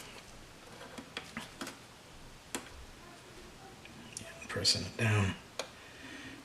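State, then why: Seated. A small tabbed internal part is pressed down into the housing of a PlayStation 4 (model 1001A) during reassembly while repairing a damaged HDMI port. Someone talks, and faint ticks and handling noises come before a single sharp click at 5.6 s as the part snaps into its seat.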